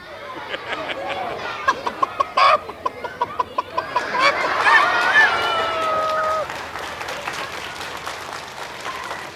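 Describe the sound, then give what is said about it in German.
Chickens cluck in a busy, overlapping chorus, with a rooster's drawn-out crow rising midway above sharp, repeated clicking sounds and a steady rustling background. “Dann sah ich Klein Erna vom Hühnerstall und fragte die Mami, sag Mami, der Hahn da auf der Henne”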